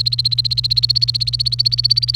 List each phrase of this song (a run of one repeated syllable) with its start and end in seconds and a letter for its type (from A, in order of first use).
0.00-2.16 A